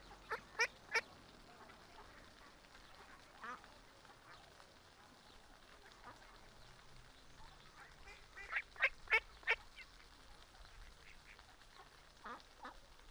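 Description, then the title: Mallards giving sharp short quacks in small clusters at the start, later on and at the very end, separated by quieter stretches of water noise. Sunday afternoon at a small river in a park, Griñón, Madrid, Spain; adults, half-grown and small ducklings with mothers; excited when fed, young begging for food; small cascades, fountain; Zoom H1n recorder. "Paseo de la Senda, 34, 28971 Griñón, Madrid, España - Tarde en el parque del río con patos. patos griñon"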